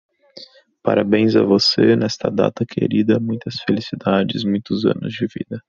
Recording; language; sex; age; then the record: short text; Brazilian Portuguese; male; 20 to 29 years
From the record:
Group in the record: control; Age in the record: 23 years